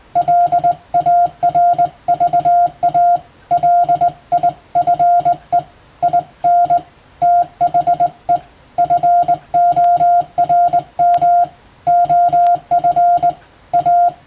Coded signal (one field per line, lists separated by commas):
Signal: Morse code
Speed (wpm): 20 wpm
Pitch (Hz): 700 Hz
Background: none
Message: LARVA LIFE IN THE FORM OF A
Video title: 無線従事者国家試験総合無線通信士電気通信術のトレーニングにＣＷを打ってみました。アマチュア無線ハムの受信練習にもどうぞ(morse code practice for radio operator )